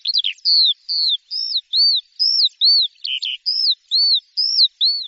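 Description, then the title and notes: Bird song of arched whistled notes repeated steadily after an opening twitter, with one brief chirp in the middle. "Bird Sound. Kicau Burung Lengkap"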